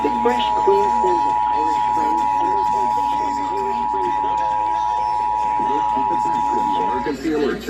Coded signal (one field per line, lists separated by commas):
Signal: Emergency Alert System (SAME) tones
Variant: 853 and 960 Hz attention tone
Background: speech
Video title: July 2023 Texas Required Monthly Test (EAS #381-396)